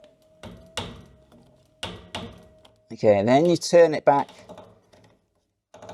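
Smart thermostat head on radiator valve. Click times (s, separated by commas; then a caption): 0.8 s, 1.8 s. A smart radiator thermostat head sits on a radiator valve, and its bottom collar is turned round until it clicks into place. Sharp clicks land at about 0.8 s and 1.8 s, with smaller knocks and ticks around them. Someone then talks briefly, and the collar ends up seated and locked.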